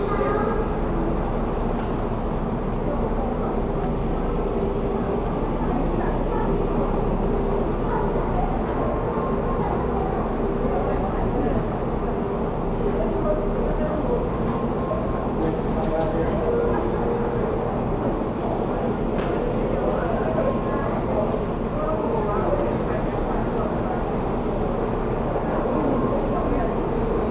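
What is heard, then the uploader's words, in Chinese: Waiting for a bus at a transfer station: a steady, dense wash of crowd chatter over a constant low engine hum that never lets up. Voices overlap throughout, with a few sharp knocks and clatters near the middle, and a dog may bark faintly. 轉運站等車。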